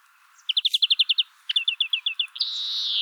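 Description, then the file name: European greenfinch giving two quick trills of evenly spaced chirps, then a long nasal wheeze that carries to the end. "Chloris chloris"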